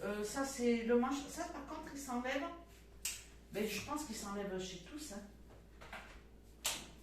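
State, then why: Seated. Someone talks while handling the detachable handle of a Redkey W12 cordless wet-dry floor vacuum with plastic parts. The handle is refitted onto the vacuum body, and a sharp click at 6.7 s marks it snapping into place on its own, seated and engaged.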